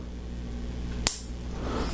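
A LEGO Star Wars First Order Snowspeeder (set #75100) toy brick trigger is pressed into its plastic stud launcher, giving one sharp, bright click at 1.1 s over a steady low hum. The trigger seats firmly in the launcher and stays locked in place.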